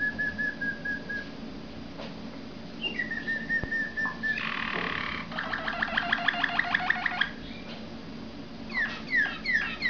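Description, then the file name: Waterslager canary song: a held whistle, a buzzy roll, then a quick run of repeated notes and a few falling slurred whistles. Breed also called Malinois. "malinois waterslager omkicau"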